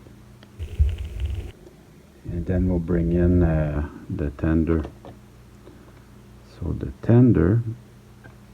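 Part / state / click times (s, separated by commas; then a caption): rear truck into a model locomotive tender / not seated / none. A rear truck (bogie) is handled as it is fitted to snap onto a model locomotive tender, with faint taps and light handling noises in the first second and a half while someone talks. Nothing has seated or clicked yet; the part is not yet home when the clip ends.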